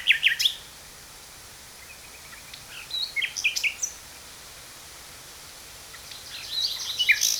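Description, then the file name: Common nightingale song in three bursts of sharp, high chirps and whistles, with quieter gaps between phrases and constant background hiss. "Luscinia megarhynchos"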